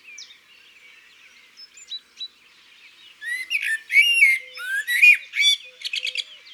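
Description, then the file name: Eurasian magpie breaking into loud, rasping chatter midway after soft background twittering, the harsh notes coming in irregular bursts. Recorded in the countryside. "Pie bavarde Chants doiseaux dans la campagne"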